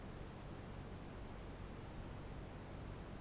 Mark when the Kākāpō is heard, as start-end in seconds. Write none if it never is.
none